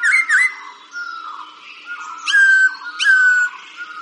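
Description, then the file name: Laughingthrush song of loud clear whistled notes, sliding and level, with sharp high chirps at intervals between the phrases. "Khuou"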